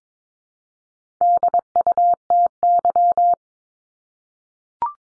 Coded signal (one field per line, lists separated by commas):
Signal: Morse code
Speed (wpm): 22 wpm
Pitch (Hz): 700 Hz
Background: none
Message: DUTY